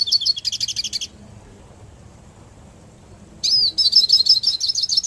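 Hooded siskin with a fast high twittering phrase, a pause, then another rapid burst of high chirps.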